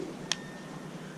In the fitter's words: just like that there's the inside of it sets in listen for the click